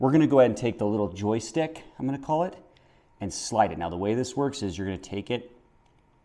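Someone talks while picking up a small plastic joystick accessory to slide onto the side connector of a DJI Pocket 2 pocket gimbal camera (Creator Combo). Only the speech and faint handling sounds are heard. The joystick has not yet been slid on, and nothing has seated or clicked yet.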